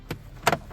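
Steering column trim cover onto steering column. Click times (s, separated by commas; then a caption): 0.5 s. A plastic steering column cover on a Crown Victoria or Grand Marquis, lined up with the hazard light switch, the rubber shift column boot and the ignition, is pushed onto the steering column. A soft tap at 0.1 s is followed by a sharp plastic click at 0.5 s and a quieter second snap just after. The shroud clicks into place and is seated.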